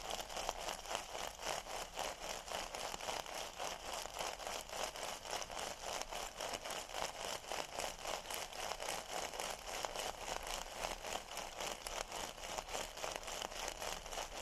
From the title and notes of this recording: TimASMR-Metal Scrubbers Crunchy Crinkles, Rolling, and Squeezing Triggers (NO TALKING).